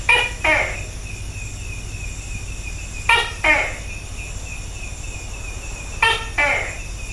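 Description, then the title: Tokay gecko calls: three loud two-part 'to-keh' calls, each a sharp note followed by a second syllable, repeated about every three seconds over a steady insect chorus. "Vogel der Woche 2011 08 15 Tokeh"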